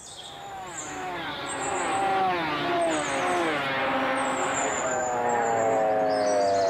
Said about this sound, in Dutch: Dan hoor je in de verte het geraas van die motoren.